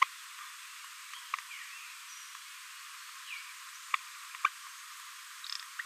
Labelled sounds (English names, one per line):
Green-rumped Parrotlet babbling